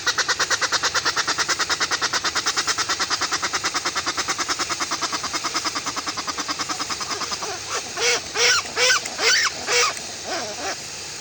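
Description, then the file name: Westland petrel song: a long, fast, rattling pulse train that gradually softens, then gives way to several louder, arched, bleating notes. "westland black petrel song"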